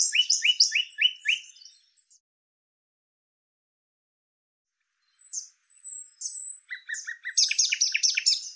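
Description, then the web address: Bird song in two bursts: a quick series of sharp chirps, a long pause, then thin high whistles leading into a dense, fast chattering trill. "cianscape birddata Deverinetal 2025 File cleaned normalized Bird Lu Me Lu Me"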